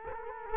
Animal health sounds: mosquito wingbeat signal from an infrared sensor; Culex quinquefasciatus

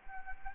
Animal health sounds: mosquito wingbeat signal from an infrared sensor; Anopheles arabiensis

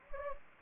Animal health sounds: mosquito wingbeat signal from an infrared sensor; Anopheles gambiae

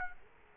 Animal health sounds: mosquito wingbeat signal from an infrared sensor; Culex quinquefasciatus

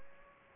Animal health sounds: mosquito wingbeat signal from an infrared sensor; Aedes aegypti

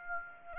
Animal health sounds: mosquito wingbeat signal from an infrared sensor; Aedes aegypti

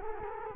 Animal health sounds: mosquito wingbeat signal from an infrared sensor; Culex quinquefasciatus

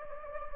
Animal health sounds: mosquito wingbeat signal from an infrared sensor; Anopheles gambiae

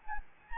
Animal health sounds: mosquito wingbeat signal from an infrared sensor; Anopheles gambiae

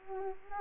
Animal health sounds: mosquito wingbeat signal from an infrared sensor; Anopheles arabiensis

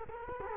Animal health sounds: mosquito wingbeat signal from an infrared sensor; Culex quinquefasciatus

